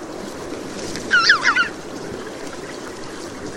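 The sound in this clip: Bird calls: a quick cluster of harsh, squawking notes with sharp pitch sweeps, lasting about half a second, over a steady wash of background noise.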